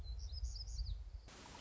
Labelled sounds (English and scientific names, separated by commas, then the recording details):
Black-throated Gray Warbler (Setophaga nigrescens)
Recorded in Sonoma County, California